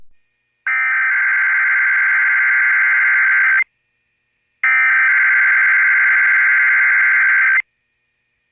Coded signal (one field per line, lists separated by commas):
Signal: Emergency Alert System (SAME) tones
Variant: header bursts